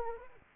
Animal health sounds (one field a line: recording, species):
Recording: mosquito wingbeat signal from an infrared sensor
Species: Anopheles arabiensis